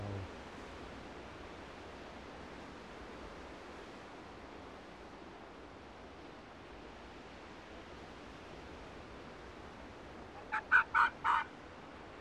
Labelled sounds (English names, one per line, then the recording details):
Arctic Fox barking
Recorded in the wild
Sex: diverse
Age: adult
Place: Insel Mednyi, Kommandeur-Inseln, RU
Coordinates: 54.5167, 168.083
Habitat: tundra
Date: 1999-07-26 10:21
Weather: fair, 10°C, no wind
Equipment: Sony TCD-D8, Sennheiser MKH 70, Windkorb
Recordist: Frommolt, Karl-Heinz
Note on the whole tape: Zwischen Kap Dlinnyi und Kap Kalamak: Wechselbellen von Polarfuchsrüden (Alopex lagopus) Uli, Rüden rechts Weiß/Blau 56 (geb. 1996) und Fähe (Grün/Orange 5 - hier noch unmarkiert). Die Bellstrophen von Uli sind meist nicht zu hören - Mikrofon war von ihm weg gerichtet. Entfernung 4 bis 20 m